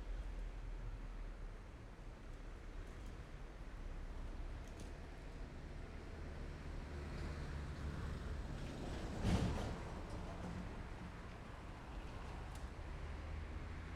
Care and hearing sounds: everyday scene through a hearing-aid microphone; in traffic; traffic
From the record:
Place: main road on the outskirts, rush hour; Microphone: behind the ear, left, rear

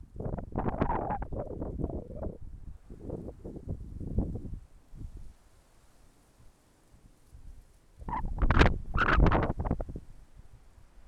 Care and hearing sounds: everyday scene through a hearing-aid microphone; wind on the microphone; wind, traffic, birds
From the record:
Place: suburban garden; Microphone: behind the ear, left, rear

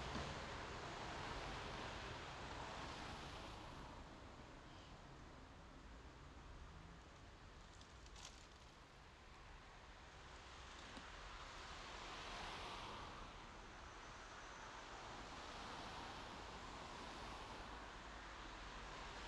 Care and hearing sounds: everyday scene through a hearing-aid microphone; in traffic; traffic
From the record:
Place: main road on the outskirts, rush hour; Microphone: in the ear canal, left

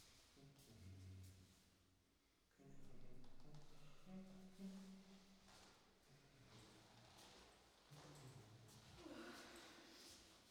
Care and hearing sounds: everyday scene through a hearing-aid microphone; reverberant space; speech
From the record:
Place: staircase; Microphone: in the ear canal, right

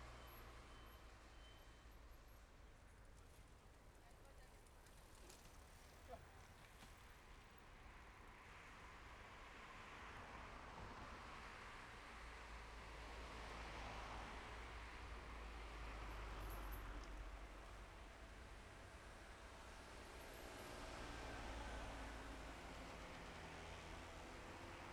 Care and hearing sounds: everyday scene through a hearing-aid microphone; in traffic; traffic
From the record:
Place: main road on the outskirts, rush hour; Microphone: behind the ear, left, rear

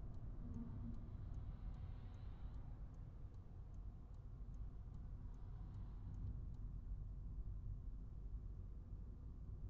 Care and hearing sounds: everyday scene through a hearing-aid microphone; in a vehicle; engine, highway driving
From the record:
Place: Skoda Fabia, gasoline engine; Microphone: behind the ear, right, rear

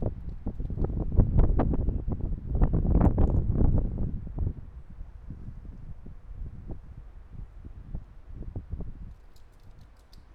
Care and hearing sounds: everyday scene through a hearing-aid microphone; wind on the microphone; squally wind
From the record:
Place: parking lot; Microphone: behind the ear, right, rear

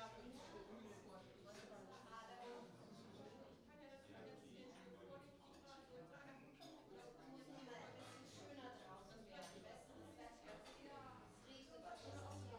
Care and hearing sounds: everyday scene through a hearing-aid microphone; many people talking; many voices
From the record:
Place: parish hall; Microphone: in the ear canal, right

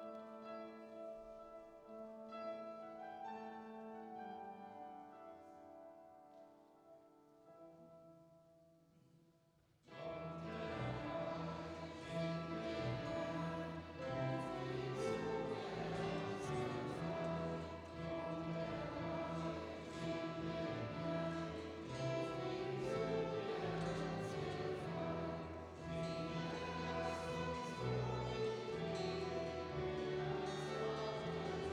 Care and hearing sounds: everyday scene through a hearing-aid microphone; reverberant space; music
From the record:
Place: church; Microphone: in the ear canal, right

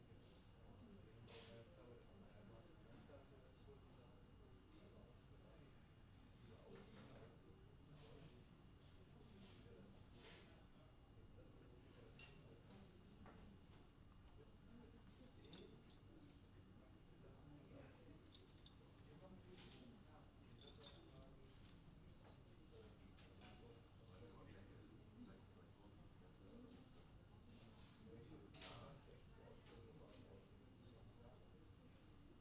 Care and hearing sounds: everyday scene through a hearing-aid microphone; many people talking; many voices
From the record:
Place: university cafeteria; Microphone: in the ear canal, left

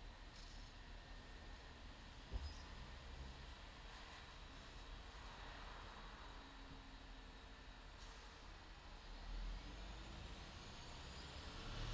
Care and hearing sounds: everyday scene through a hearing-aid microphone; in traffic; traffic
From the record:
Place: bus stop on a city main road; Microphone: in the ear canal, left

